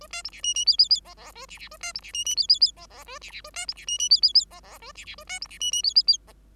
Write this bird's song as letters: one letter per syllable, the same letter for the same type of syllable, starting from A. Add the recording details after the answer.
A B C D E E F F F G G A D D A B C D E E F F F G G A D D A B C D E E F F F G G A D D A B C D E E F F F G. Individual Bird5